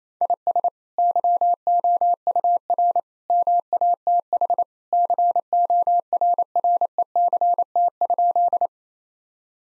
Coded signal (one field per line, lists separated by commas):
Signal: Morse code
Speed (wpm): 28 wpm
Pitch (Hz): 700 Hz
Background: none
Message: IS YOUR MATH CORRECT?